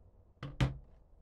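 The plastic dust bin of a BLACK+DECKER cordless stick vacuum is slid back onto the handheld vacuum unit and clicked home. Two sharp clicks sound at 0.4 s and 0.6 s, the second louder with a low thump and a short fading tail. The dust bin is seated.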